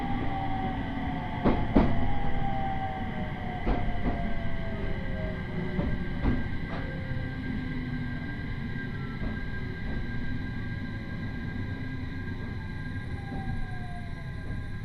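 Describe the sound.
Inside a crowded train on the Uetsu Line, a steady low rumble runs beneath faint tones and scattered sharp clicks, strongest early on.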